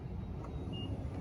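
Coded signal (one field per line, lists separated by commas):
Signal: beep code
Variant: Nissan Intelligent Key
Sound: one brief high beep over outdoor rumble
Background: outdoor traffic rumble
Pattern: 1 short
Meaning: A single beep means only the driver's door is unlocked, the rest stay locked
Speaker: I hear a single beep and that means that the door that I'm at is unlocked while the rest of the vehicle is still locked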